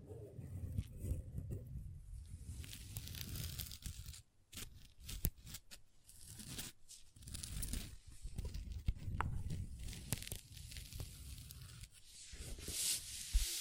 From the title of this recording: Table Tapping & Scratching with Long Nails